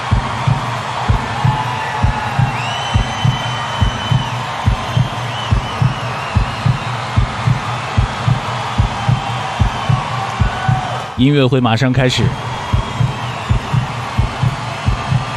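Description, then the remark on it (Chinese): A steady, regular heartbeat thumps low and deep throughout, about two beats per second, over a dense bed of cheering from a live event crowd, with a brief voice speaking partway through. “听到这心跳声了吗？”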